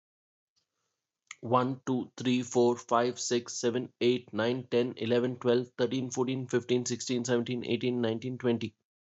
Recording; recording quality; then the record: counting at a fast pace; excellent, no background noise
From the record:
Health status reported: healthy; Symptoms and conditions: diabetes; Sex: male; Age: 39 years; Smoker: yes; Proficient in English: yes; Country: India